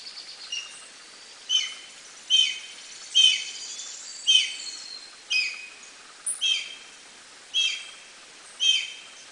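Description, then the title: Black-and-white Hawk-Eagle calls: a series of sharp whistled notes repeated roughly once a second. "Gavião Pato – Características, Habitat Alimentação e Canto!"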